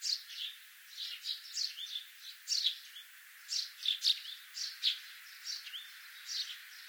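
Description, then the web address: Several sparrows give quick, high chirps and twitters in irregular clusters, a steady chorus of overlapping chirping. Common sparrows. "Sound Effects-Foundation BIRD SPARROWS COMMON"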